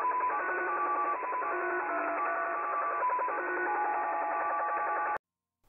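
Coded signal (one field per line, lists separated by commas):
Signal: unidentified radio signal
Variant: Slot Machine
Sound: busy chord of several beeping tones changing rapidly, like a jingling slot machine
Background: radio static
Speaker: this is an unknown signal comes out of of Japan it's called the slot machine no one knows what it's for or why why it's there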